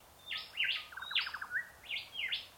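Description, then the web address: Bird calls: a quick run of sharp, buzzy chirps broken by a short dry rattle, then more rising and falling squeaky notes. Call in mangroves. "Sound Effects-Foundation 1 BIRD UNKNOWN MAGROVES CALL"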